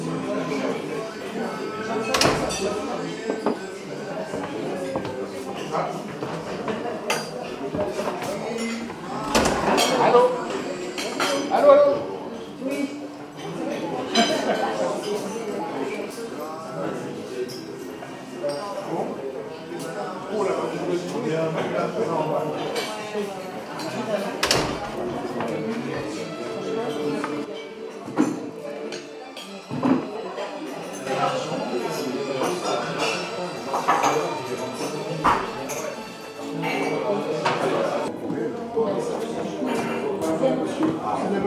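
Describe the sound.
Bistro ambience at Chez Raoul in Nîmes: a steady, dense murmur of overlapping voices runs throughout without pause. Clinks of dishes and glasses cut through now and then, with sharper knocks around 2, 10, 25 and 36 seconds.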